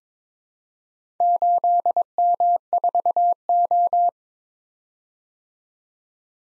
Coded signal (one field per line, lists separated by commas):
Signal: Morse code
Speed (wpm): 22 wpm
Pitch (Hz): 700 Hz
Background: none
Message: 8M4O